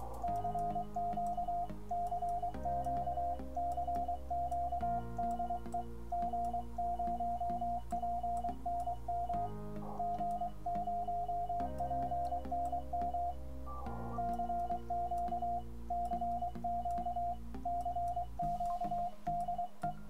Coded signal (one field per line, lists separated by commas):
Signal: Morse code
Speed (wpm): 23 wpm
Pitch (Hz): 700 Hz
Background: none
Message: CQ CQ CQ DE G0PNM G0PNM CQ CQ CQ DE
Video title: G0PNM's Keys #12 The Begali Adventure and Adventure Mono